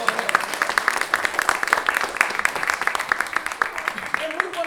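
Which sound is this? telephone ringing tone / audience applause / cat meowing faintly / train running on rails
audience applause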